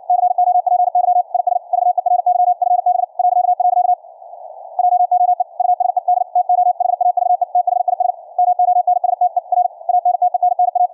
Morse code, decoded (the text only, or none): COPY IS VERY FB .. JOE USED TO HAVE THIS MONSTER ANTENNA